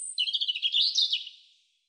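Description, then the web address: European robin song phrase opening on a very high thin note, then a fast jumble of tinkling, warbling notes that fade away. "cianscape birddata Deverinetal 2025 Bird Er Ru"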